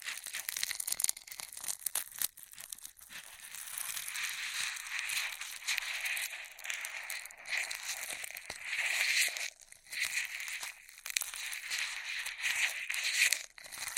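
Straw sounds crinkle and crunch almost nonstop for fourteen seconds, bright and scratchy, with brief quiet gaps near three, ten and thirteen seconds.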